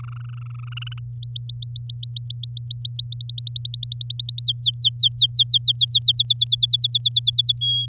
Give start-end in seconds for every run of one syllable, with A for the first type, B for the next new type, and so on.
0.00-0.73 A, 0.77-0.99 B, 1.10-3.09 C, 3.12-4.46 D, 4.47-5.99 E, 6.02-7.58 F, 7.61-7.86 G